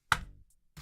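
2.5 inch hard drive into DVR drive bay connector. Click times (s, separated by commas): 0.1 s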